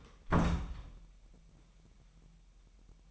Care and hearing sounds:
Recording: daily activity, microphone in the room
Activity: close door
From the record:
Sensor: 1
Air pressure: 998.5 hPa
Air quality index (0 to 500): 128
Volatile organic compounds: 3 ppm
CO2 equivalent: 1533 ppm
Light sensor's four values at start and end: 20/65/26/27 and 20/65/26/27

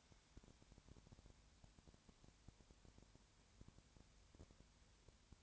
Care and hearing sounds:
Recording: daily activity, microphone in the room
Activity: no activity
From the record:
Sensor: 2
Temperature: 20.4 degrees Celsius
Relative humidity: 35.6%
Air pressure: 1007.1 hPa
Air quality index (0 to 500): 122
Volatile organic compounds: 2 ppm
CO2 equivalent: 1253 ppm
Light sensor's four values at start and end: 2/3/2/2 and 2/3/2/2

